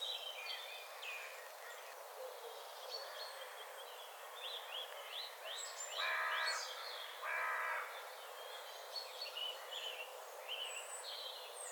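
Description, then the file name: Carrion crow giving two harsh, flat caws close together midway through, set against a busy chorus of small songbirds chirping and trilling. "Corvus corone"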